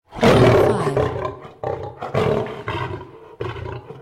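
Lion roaring, a loud rough opening roar followed by four shorter grunting roars.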